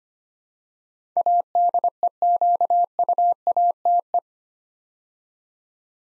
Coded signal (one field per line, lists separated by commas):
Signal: Morse code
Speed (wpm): 25 wpm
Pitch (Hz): 700 Hz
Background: none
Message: ADEQUATE